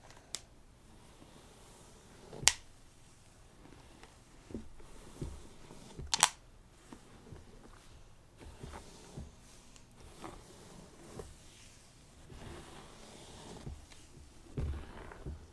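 A scalp massage, made up of soft, irregular rubbing and scratching sounds that come and go every second or so. Two sharper, brighter scrapes stand out near the start and around the six-second mark.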